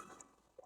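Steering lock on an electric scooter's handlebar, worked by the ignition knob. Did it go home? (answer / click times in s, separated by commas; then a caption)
yes / 0.2 s. The ignition knob on a Metro (Yadea) T9 Pro electric scooter is pushed in and turned left, engaging the handlebar steering lock. A short click is heard at 0.2 s, followed by a second faint tick near 0.6 s, and the steering lock engages.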